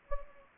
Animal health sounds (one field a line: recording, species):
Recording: mosquito wingbeat signal from an infrared sensor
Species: Anopheles gambiae